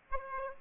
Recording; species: mosquito wingbeat signal from an infrared sensor; Aedes aegypti